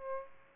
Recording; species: mosquito wingbeat signal from an infrared sensor; Aedes albopictus